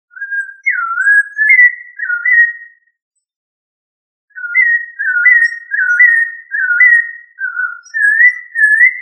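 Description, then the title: Thrush song: fluty, slurred whistled phrases rising and falling, a short run of notes, a pause of over a second, then a longer run of similar whistled notes. "Familia Turdidae - Sabia"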